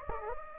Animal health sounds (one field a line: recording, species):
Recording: mosquito wingbeat signal from an infrared sensor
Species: Anopheles gambiae